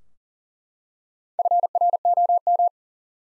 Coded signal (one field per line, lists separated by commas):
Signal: Morse code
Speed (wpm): 38 wpm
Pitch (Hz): 700 Hz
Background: none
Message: FROM